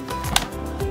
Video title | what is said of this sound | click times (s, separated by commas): NINTENDO SWITCH ANIMAL CROSSING SPECIAL EDITION UNBOXING AND SETTING UP - IT IS BACK AND IN STOCK!! | here go here click | 0.4 s